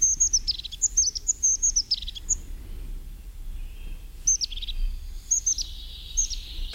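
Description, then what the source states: Crested tit calls: thin high notes in short bursts during the first two and a half seconds, then again after four seconds. Met in small groups, single birds or pairs at two or three places along the path during a walk.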